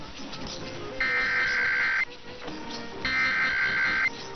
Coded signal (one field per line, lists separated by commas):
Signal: Emergency Alert System (SAME) tones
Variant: header bursts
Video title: [EAS #2363-#2367] Sunday & Monday RWTs